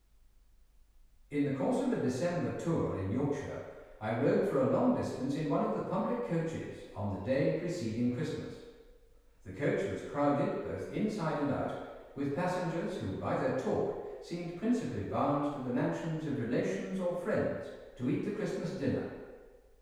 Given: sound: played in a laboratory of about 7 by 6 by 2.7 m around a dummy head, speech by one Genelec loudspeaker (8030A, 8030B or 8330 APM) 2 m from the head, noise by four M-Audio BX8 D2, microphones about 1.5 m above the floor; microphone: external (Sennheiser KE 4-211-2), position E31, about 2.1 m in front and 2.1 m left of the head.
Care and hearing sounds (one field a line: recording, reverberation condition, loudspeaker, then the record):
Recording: male speech in English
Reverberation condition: high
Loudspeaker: 150 degrees to the left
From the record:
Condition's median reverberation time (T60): about 1300 ms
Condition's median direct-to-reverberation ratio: about -4.0 dB